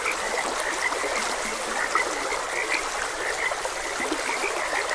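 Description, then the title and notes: Dense chorus of frogs giving short, bright croaking notes in constant overlap, mixed with the continuous babble of flowing water. Frogs croaking beside a gentle stream. "Gentle Stream and Frogs Croaking. Sleep and Relaxation Podcast"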